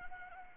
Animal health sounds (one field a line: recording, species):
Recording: mosquito wingbeat signal from an infrared sensor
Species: Anopheles arabiensis